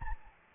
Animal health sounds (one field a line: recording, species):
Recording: mosquito wingbeat signal from an infrared sensor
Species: Anopheles gambiae